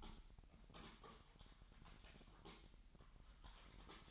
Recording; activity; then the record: daily activity, microphone in the room; typing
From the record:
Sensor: 3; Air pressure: 1002.0 hPa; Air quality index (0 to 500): 246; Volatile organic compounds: 50 ppm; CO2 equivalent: 3295 ppm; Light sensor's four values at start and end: 13/38/16/14 and 13/38/16/14